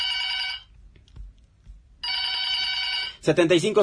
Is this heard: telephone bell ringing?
yes